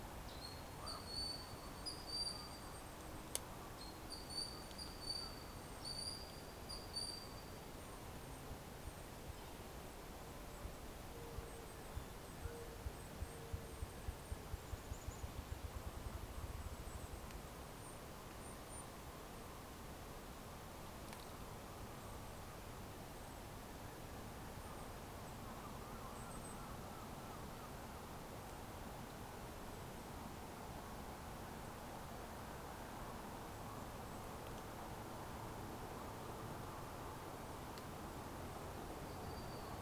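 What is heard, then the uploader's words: An overnight spring soundscape outdoors, with a steady low rumble and hiss throughout. High, thin repeated calls, likely insects or birds, sound early on, and a run of crackling and rustling taps fills the first sixteen seconds before the scene settles to a quieter, even background. Soundscape recordings made in the Eastern part of Parry Sound District of Ontario or what is locally known as the Almaguin Highlands. Inside that bird feeder was an audio recorder that captured the overnight soundscapes of spring.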